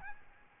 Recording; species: mosquito wingbeat signal from an infrared sensor; Aedes albopictus